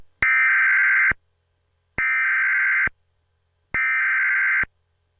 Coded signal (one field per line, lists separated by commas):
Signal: Emergency Alert System (SAME) tones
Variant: header bursts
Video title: Eas Mock Reenactment: S T O P F L U S H I N G T O I L O T S